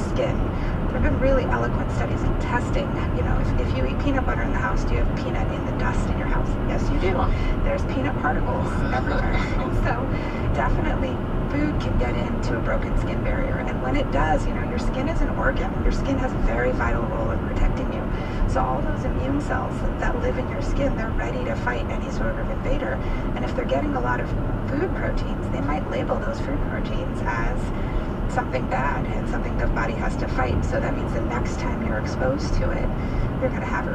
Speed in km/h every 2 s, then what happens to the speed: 106, 106, 106, 105, 105, 105, 103, 103, 100, 98, 97, 95, 95, 97, 97, 97, 97.
0-11 steady at about 105. 11-21 slows to 95. 21-34 steady at about 97.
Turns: none.